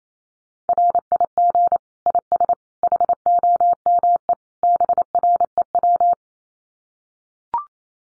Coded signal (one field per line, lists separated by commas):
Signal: Morse code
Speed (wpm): 28 wpm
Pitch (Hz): 700 Hz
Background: none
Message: RIG IS HOME BREW